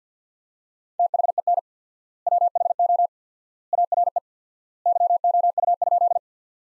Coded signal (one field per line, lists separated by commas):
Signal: Morse code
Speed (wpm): 50 wpm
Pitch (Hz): 700 Hz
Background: none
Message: THEN WHO ARE YOU?